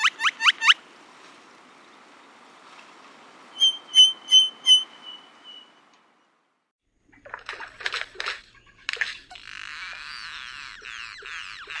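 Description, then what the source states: Great-tailed Grackle: quick rising notes, then a series of high ringing pings, a pause, and harsh crackling rattles over a noisy background with rising whistles. Male's territory song includes crackling-bush sounds, rapid-fire ki-ki-ki, metallic rattles and a shrieking high whistle; calls so loud they are best heard at a distance.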